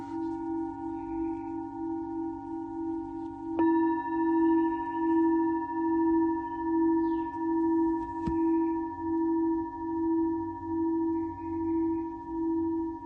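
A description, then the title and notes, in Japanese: A singing bowl hums steadily, struck again near four and eight seconds, its tone slowly pulsing while small birds chirp softly above it. メキシコから おやすみシンギングボウルのサウンドヒーリング。小鳥さんの声とSinging Bowlの音。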